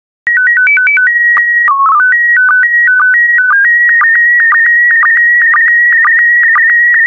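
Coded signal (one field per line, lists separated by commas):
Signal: SSTV (slow-scan television)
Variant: PD 120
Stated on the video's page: SSTV in PD120 mode, images for decoding practice.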